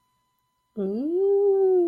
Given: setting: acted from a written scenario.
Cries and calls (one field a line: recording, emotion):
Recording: vocal sound without words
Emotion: interest